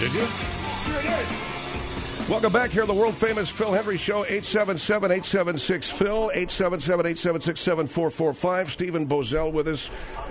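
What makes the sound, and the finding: Adult male radio host. No speech disorder.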